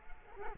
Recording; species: mosquito wingbeat signal from an infrared sensor; Culex quinquefasciatus